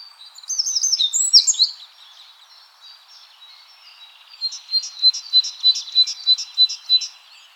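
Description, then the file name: Great tit calls: a burst of high, sweeping chirps, a quiet gap, then a regular series of sharp high notes about three per second. "Parus major"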